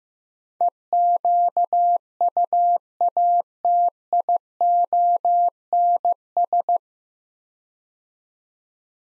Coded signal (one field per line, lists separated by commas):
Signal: Morse code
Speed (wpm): 15 wpm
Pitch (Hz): 700 Hz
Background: none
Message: EQUATIONS